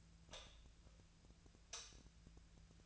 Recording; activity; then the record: daily activity, microphone in the room; light off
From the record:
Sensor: 2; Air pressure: 1009.8 hPa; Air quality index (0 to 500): 182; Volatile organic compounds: 11 ppm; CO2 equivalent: 2270 ppm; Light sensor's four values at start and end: 34/85/37/40 and 30/72/31/35